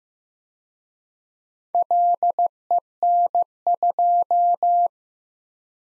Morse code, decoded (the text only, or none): LEN2